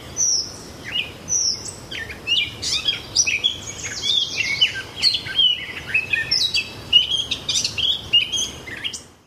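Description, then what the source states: Gray catbird singing a long, jumbled run of squeaky, scratchy and whistled notes, varied phrases following one another with brief pauses. Recorded 5-27-10.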